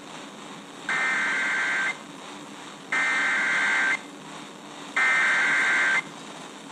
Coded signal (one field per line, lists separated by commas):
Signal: Emergency Alert System (SAME) tones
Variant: header bursts